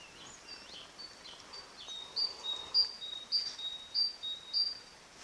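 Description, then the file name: Great tit song, rhythmic seesawing whistles, high note then lower note, repeated about every half second, preceded by softer bird chirps. "Parus major"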